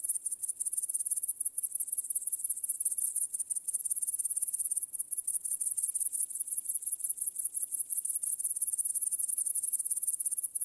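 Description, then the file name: Cricket chorus of rapid, high, rhythmic chirps forming a steady buzzing trill that continues without pause, with faint low background noise. "świerszcze"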